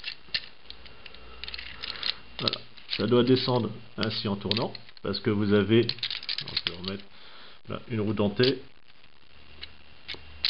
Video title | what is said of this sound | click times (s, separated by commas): Review FR - Transformers Animated - Optimus Prime | Et puis voilà, ça se clipse au bout d'un moment. | 10.4 s